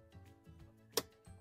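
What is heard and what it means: A glove box damper arm is pulled down at the side of a folded-up glove box and clipped back onto the glove box side. A single sharp, loud plastic click at 1.0 s stands out over quiet handling noise and soft low thumps. The damper clip snaps back and seats in place.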